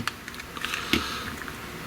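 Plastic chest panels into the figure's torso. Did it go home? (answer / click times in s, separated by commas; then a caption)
no / none. Plastic chest panels of a TransArt Yellow Leopard (TM2 Cheetor) transforming action figure are handled toward the figure's torso. Light plastic taps and clatters sound near 0.1, 0.7 and 0.9 s over a faint steady background. Nothing has seated or locked into place yet.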